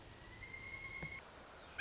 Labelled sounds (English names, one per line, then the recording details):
Pileated Woodpecker
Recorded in Sonoma County, California